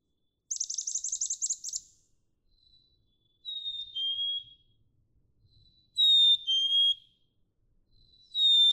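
Black-capped chickadee: clear two-note whistles, the first note higher and the second lower, preceded by a rapid high trill.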